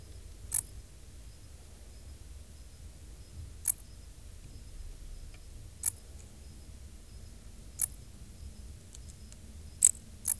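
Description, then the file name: Dark bush-cricket song: brief, high-pitched scratchy chirps at uneven intervals, six in all, over a low steady rumble. "Pholidoptera griseoaptera"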